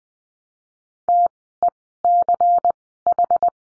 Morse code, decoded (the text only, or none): TECH